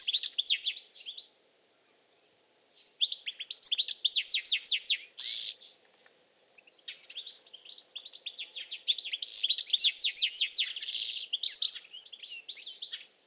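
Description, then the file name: European goldfinch song in three bursts separated by pauses, each a rapid jumble of tinkling, chattering notes with nasal buzzy wheezes. "Carduelis carduelis"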